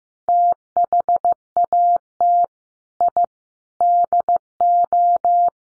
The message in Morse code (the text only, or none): THAT I DO